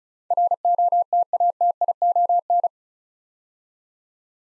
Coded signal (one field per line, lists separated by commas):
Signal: Morse code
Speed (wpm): 36 wpm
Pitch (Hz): 700 Hz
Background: none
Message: ROTATION